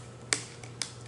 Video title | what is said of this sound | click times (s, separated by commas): BAK Rion Hand Welder Troubleshooting | actually goes over the top of the potentiometer and around the base of the cord snaps into place and you are ready to go back to work | 0.3 s, 0.8 s